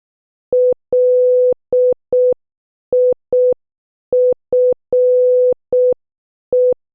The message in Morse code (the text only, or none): LIFE